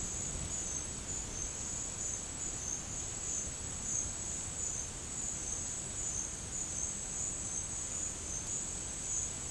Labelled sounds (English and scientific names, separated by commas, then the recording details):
none
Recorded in secondary vegetation near Puerto Asís, Putumayo, Colombia, on 8 March 2025 at 13:00
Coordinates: 0.502, -76.326
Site G100